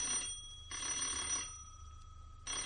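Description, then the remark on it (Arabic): A telephone rings in two long bursts of bright, buzzy trilling, separated by a pause with a faint steady tone. No one speaks. “ردي على التليفون”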